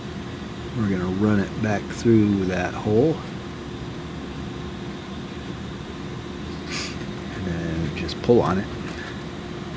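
Someone talks while a peg with small locking tabs is being run back through a hole in the frame of a table loom and pulled on. A steady background hum runs throughout, with a few brief, faint handling noises. Nothing has seated or clicked yet.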